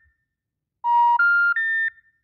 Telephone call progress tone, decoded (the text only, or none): special information tone